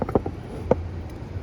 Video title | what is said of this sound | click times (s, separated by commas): 94 Dodge Ram 5.2 intake swap part 2: will it run? | At least there we go. Heard it snap in. | 0.7 s